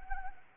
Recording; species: mosquito wingbeat signal from an infrared sensor; Anopheles arabiensis